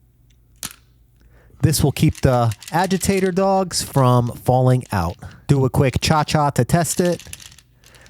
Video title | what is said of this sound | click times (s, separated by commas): Whirlpool Direct Driver Washer Not Agitating | hold the cam upside down and then slip over this locking ring until it clicks into place | 0.6 s